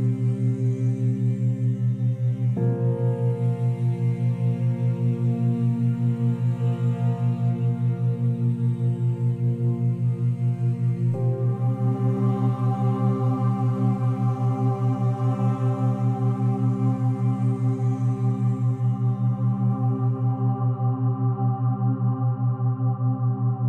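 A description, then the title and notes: A steady binaural drone with a strong low hum and soft layered tones above it, throbbing in a slow, even pulse. The upper tones shift to a new chord at about 3 and 11 seconds. A faint airy hiss on top fades out near the end. Binaural Beats Theta Wave Sound with Ambient Tones. Binaural beats theta wave state sound, which includes soft ambient tones and calming sound design.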